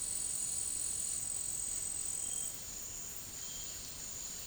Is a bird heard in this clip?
no